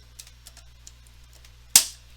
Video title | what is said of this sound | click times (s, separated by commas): How to install SSD on HP all in one computer | there you go that was the main click | 1.8 s